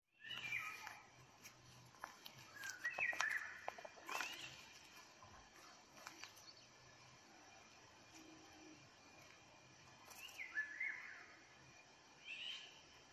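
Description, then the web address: Eurasian jay song of slurred whistled notes and clicks, busiest in the first few seconds, then a quiet gap and a few more phrases near the end. "geai chant"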